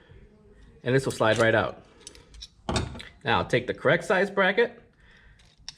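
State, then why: Seated. Someone talks while the old bracket is slid out of a LUTZE cable stripping knife, with a few small clicks between 2.1 and 3.0 seconds. The correct-size cable guide bracket is then pushed into the knife and latches in place with a single sharp snap at 5.7 seconds, seated.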